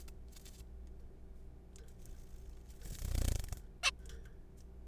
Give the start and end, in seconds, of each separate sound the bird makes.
3.83-3.91